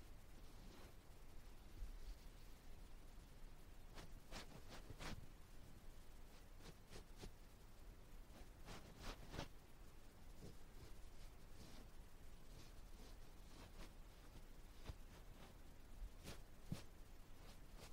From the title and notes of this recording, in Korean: No talking 말없이 귀에 먼지 털어내기 ear touching sound.